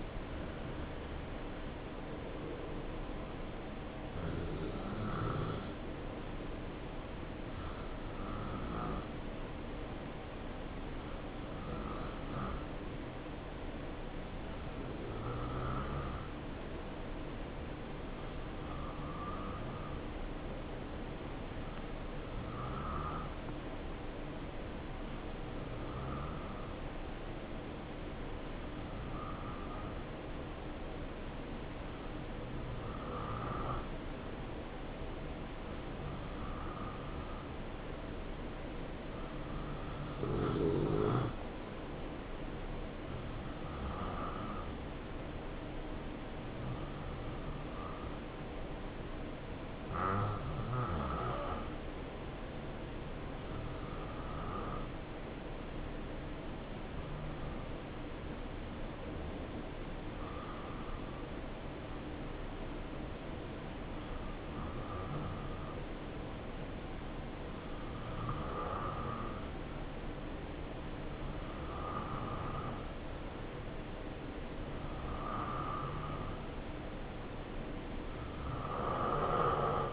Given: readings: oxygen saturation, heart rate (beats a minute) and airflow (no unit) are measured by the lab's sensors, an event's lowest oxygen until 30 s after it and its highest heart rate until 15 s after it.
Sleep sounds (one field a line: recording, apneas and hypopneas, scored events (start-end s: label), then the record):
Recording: breathing in sleep by a voice recorder at the bedside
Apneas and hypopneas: 2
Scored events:
6.00-38.20 s: hypopnea (N2, oxygen 93% highest, then 89% lowest, heart rate 66 at the start, 72 highest)
53.00-73.90 s: hypopnea (N2, oxygen 90% highest, then 86% lowest, heart rate 69 at the start, 71 highest)
From the record:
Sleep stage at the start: N2 (light sleep)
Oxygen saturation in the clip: 88 to 93%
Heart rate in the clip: 63 to 72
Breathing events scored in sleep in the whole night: 277 in 7.4 hours asleep